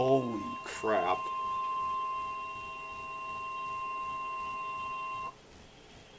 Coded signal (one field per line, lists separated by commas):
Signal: Emergency Alert System (SAME) tones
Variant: 1050 Hz attention tone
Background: speech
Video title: 4 EAS Alerts in 1!!! A new Record!!!